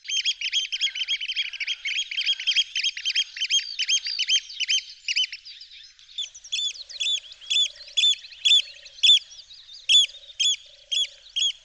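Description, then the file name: Eurasian oystercatcher piping: a fast, excited run of shrill notes for about six seconds, then a series of loud, separate 'kleep' calls. "scholekster"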